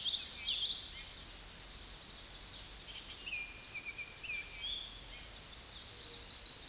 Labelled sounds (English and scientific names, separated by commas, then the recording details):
Tennessee Warbler (Leiothlypis peregrina) song
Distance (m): 30 m
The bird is about 15 m above the microphone
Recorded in a Pennsylvania forest on 16 May 2024 at 07:35
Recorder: AudioMoth, point MSD-1418
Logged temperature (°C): 16.4 °C
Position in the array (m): 215 m, 161 m